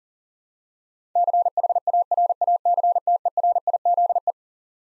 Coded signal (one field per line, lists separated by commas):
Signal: Morse code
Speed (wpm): 40 wpm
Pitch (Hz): 700 Hz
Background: none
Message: CHARACTERIZE